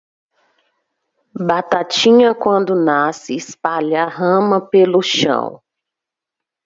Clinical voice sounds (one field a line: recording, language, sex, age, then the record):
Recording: short text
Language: Brazilian Portuguese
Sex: female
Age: 30 to 39 years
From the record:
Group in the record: control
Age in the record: 34 years